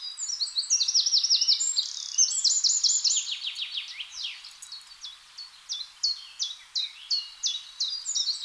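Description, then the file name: Eurasian wren song: dense high trills and rattling phrases at the start, easing into evenly spaced sharp chips near the end. "Troglodytes troglodytes"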